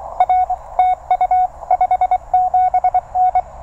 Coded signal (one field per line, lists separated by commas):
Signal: Morse code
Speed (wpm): 20 wpm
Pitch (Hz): 690 Hz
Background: none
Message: R TU 57N